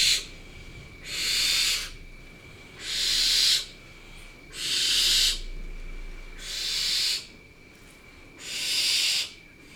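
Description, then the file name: Barn owl giving harsh, airy hissing screeches, several drawn-out bursts at a steady pace. "Barbagianni"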